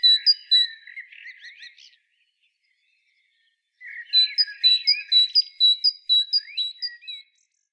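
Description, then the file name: Great tit calling with a short run of high clipped notes, then jumbled twittering, a two-second silence, and a longer string of quick repeated bright notes. "Parus major"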